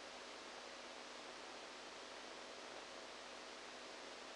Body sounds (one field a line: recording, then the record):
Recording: brain microelectrode recording played as sound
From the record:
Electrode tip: outside the subthalamic nucleus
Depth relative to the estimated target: -10 mm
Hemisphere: right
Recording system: NeuroSet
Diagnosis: Parkinson's disease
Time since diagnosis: 14 years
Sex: male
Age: 51 years